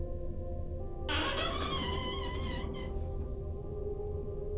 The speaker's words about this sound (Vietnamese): Đưa tay đẩy nhẹ một cái, cánh cửa rít lên kèn kẹt, nghe âm thanh đến rợn người.